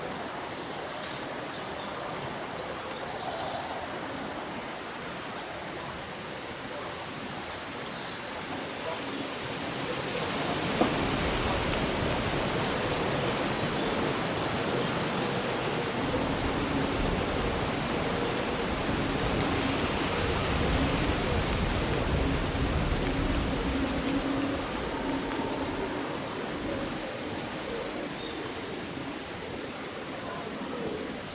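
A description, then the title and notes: Leaves rustle in a breeze, a steady wash that swells louder after about ten seconds, with faint birdsong chirping now and then. Breezy Summer Day Rustling Leaves and Birdsong.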